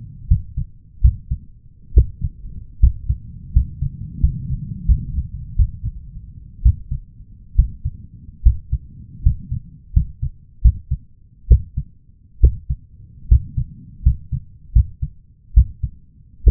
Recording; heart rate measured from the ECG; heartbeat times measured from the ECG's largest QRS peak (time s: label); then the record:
heart sounds by stethoscope; 74 bpm
0.28 s: heartbeat
1.02 s: heartbeat
1.94 s: heartbeat
2.80 s: heartbeat
3.54 s: heartbeat
4.21 s: heartbeat
4.86 s: heartbeat
5.56 s: heartbeat
6.63 s: heartbeat
7.56 s: heartbeat
8.43 s: heartbeat
9.23 s: heartbeat
9.94 s: heartbeat
10.62 s: heartbeat
11.48 s: heartbeat
12.41 s: heartbeat
13.29 s: heartbeat
14.03 s: heartbeat
14.73 s: heartbeat
15.54 s: heartbeat
16.44 s: heartbeat
From the record:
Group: healthy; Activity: rest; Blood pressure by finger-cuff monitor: 152/91 mmHg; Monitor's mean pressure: 110 mmHg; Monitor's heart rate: 75 bpm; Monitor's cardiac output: 7.5 L/min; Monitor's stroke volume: 101 mL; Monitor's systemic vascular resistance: 1090 dyn s/cm5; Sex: male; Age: 23 years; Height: 179 cm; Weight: 87 kg